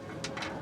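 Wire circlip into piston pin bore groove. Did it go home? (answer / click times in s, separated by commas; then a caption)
yes / 0.2 s. A spring wire circlip is pressed into the piston pin bore of a Stage IV 131 Screamin' Eagle engine build after a first try fell short. A sharp, bright metallic snap at 0.2 s marks the circlip clicking into its groove, followed by a longer, softer scraping burst around 0.4 s. The circlip is seated.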